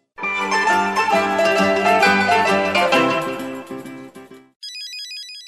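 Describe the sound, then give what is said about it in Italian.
A mobile phone rings with a bright, melodic ringtone, a steady run of chiming notes lasting about four seconds, then a short burst of high, rapid electronic tones. “Il tuo cellulare sta squillando.”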